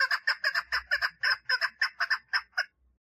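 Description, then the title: Partridge singing a quick series of rasping notes in under three seconds, some doubled, with a faint low rumble beneath. "Perdiz Cantando"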